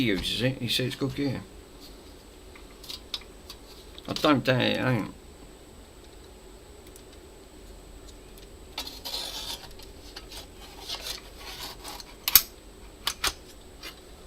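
While reassembling an Xbox 360 Slim game console with a red dot problem, an internal component is handled near its place as someone talks, with light taps, scrapes and a sharp tick around 12.4 s. Nothing has seated or clicked into place yet.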